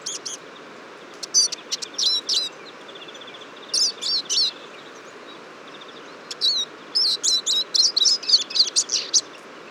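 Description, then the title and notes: Eurasian siskins calling from a flock: bursts of high, thin twittering chirps in clusters, with quiet gaps between groups. Large flock at a feeder on a February morning, 23 February 2014, Fourcinet, Drôme, France; recorded with a Nagra Seven and a Telinga P7 parabola. "Fourcinet - Drôme. Tarin des aulnes (Carduelis spinus)"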